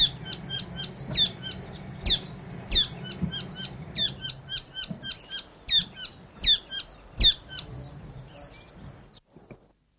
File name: south island saddleback song